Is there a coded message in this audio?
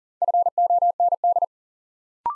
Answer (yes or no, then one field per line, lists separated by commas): yes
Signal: Morse code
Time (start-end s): 0.2-1.4 s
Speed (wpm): 40 wpm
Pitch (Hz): 700 Hz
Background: none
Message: FOND